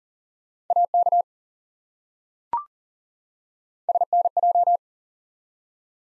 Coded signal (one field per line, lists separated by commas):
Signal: Morse code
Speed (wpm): 40 wpm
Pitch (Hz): 700 Hz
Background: none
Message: AK SNJ